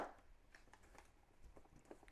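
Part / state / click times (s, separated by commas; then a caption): multimeter top case onto bottom case / seated / 0.5 s, 0.7 s, 1.0 s, 1.9 s, 2.1 s. A Fluke 179 multimeter's top plastic case is pressed onto its bottom case, working from bottom to top. Several small, quiet snaps are heard at 0.6, 0.7, 1.0, 1.9 and 2.1 seconds over a faint room hiss. The case halves are seated together.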